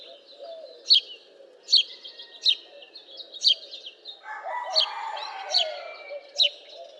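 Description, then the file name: House sparrow chirping in sharp single notes every second or so, while a broad rushing noise rises in the second half. "Passer domesticus"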